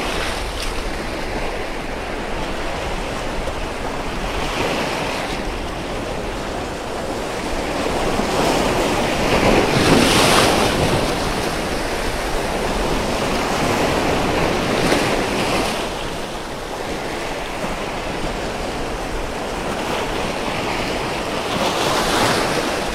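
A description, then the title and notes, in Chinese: Ocean waves roll in as a dense, steady wash of white-noise-like surf, swelling and easing every few seconds with stronger crests near 10 and 15 seconds. A low rumble and some wind buffeting sit underneath throughout. 海浪声 白噪音。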